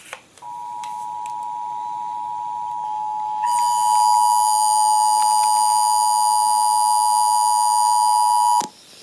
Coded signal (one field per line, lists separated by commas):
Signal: Emergency Alert System (SAME) tones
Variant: 853 and 960 Hz attention tone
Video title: BURPS AND TESTS... EAS Tests from April, 2021 (EAS #5,638 - 5,672)